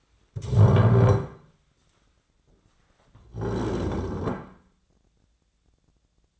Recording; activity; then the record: daily activity, microphone in the room; stand up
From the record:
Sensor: 3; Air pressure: 1009.2 hPa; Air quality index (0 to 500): 186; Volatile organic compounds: 3 ppm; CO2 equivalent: 1498 ppm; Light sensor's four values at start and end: 54/138/60/63 and 34/85/39/40